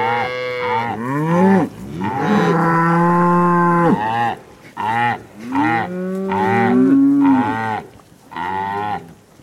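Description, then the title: Cow mooing repeatedly, loud harmonic moos, one long steady moo and several shorter ones with pitch sliding up, separated by short silences. Cow communication through mooing. "Eco-Moo-tion: The Ecological Soundscape of Cow Conversations"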